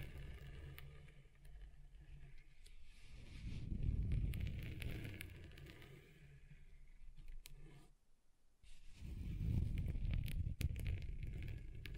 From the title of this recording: Table Scratching Different Surfaces